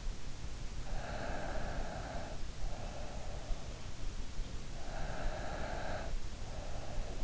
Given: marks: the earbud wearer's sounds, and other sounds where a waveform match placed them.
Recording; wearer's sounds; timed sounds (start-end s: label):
sounds in sleep by an in-ear microphone; snoring breath
0.95-3.47 s: snoring breath
4.82-7.24 s: snoring breath